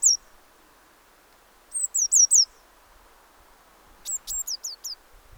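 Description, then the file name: Eurasian blue tit uttering a single high note, then two short runs of thin downslurred notes, over faint steady hiss. "Cyanistes caeruleus"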